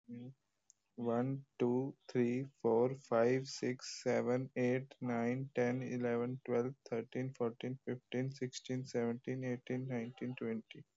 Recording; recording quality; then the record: counting at a normal pace; excellent, no background noise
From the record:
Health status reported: healthy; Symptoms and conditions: none ticked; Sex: male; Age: 24 years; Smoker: not ticked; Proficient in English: yes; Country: India